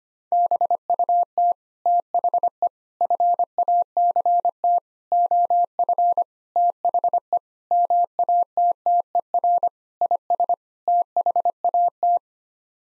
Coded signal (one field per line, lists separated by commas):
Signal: Morse code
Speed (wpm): 25 wpm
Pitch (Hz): 700 Hz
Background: none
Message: BUT THE FACT OF THE MATTER IS THAT